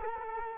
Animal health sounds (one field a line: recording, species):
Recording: mosquito wingbeat signal from an infrared sensor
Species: Culex quinquefasciatus